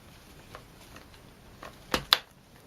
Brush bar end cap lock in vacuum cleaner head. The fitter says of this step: if you listen you've got quite positive click so that's it unlocked